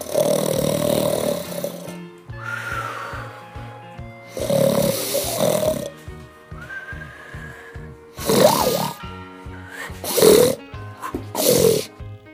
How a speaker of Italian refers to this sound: Per digerire le altre 2 botti russò come un tasso 2 giorni e 2 notti.